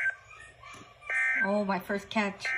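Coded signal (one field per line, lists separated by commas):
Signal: Emergency Alert System (SAME) tones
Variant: end-of-message bursts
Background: speech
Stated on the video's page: Amber alert received on NOAA Weather Radio.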